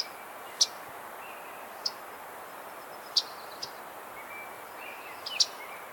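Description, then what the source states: Myrtle Warbler giving crisp, high chip notes, about five across six seconds at uneven intervals, over steady background noise with faint thin calls. Nominate subspecies, Setophaga coronata coronata.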